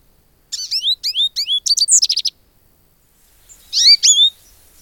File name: goldfinch